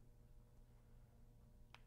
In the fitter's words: it snaps right in now